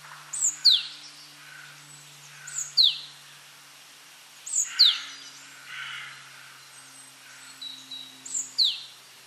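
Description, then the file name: Great tit giving repeated piercing downward-sweeping notes at irregular intervals, mixed with brief husky lower sounds, against a low constant hum. "Parus major"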